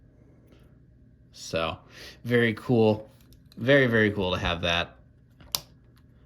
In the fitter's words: So it just snaps back into place, and